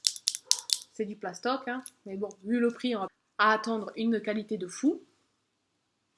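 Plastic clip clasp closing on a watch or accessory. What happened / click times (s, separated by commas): A small plastic clasp snaps closed with a run of sharp clicks / 0.3 s, 0.5 s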